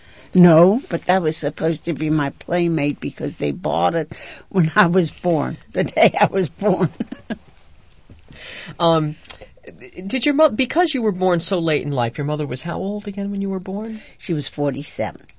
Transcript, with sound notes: No, but that was supposed to be my playmate, because they bought it when I was born, the day I was born. ( she laughs )
Did you, because you were born so late in life, your mother was how old, again, when you were born?
She was forty-seven.